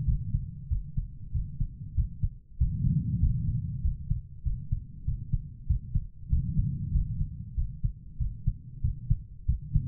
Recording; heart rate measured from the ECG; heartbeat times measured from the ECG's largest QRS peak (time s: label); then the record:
heart sounds by stethoscope; 96 bpm
0.05 s: heartbeat
0.68 s: heartbeat
1.32 s: heartbeat
1.95 s: heartbeat
2.58 s: heartbeat
3.20 s: heartbeat
3.81 s: heartbeat
4.43 s: heartbeat
5.04 s: heartbeat
5.66 s: heartbeat
6.29 s: heartbeat
6.91 s: heartbeat
7.54 s: heartbeat
8.17 s: heartbeat
8.81 s: heartbeat
9.45 s: heartbeat
From the record:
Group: healthy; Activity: rest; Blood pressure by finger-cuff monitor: 113/62 mmHg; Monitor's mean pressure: 78 mmHg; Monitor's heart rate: 96 bpm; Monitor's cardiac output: 7.2 L/min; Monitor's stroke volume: 75 mL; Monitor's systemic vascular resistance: 760 dyn s/cm5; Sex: female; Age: 43 years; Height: 160 cm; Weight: 90 kg